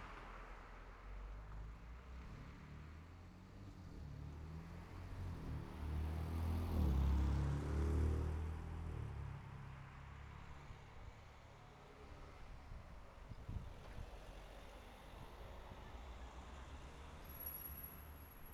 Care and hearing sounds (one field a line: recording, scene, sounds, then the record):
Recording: everyday scene through a hearing-aid microphone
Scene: in traffic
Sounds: traffic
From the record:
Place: city secondary road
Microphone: behind the ear, right, front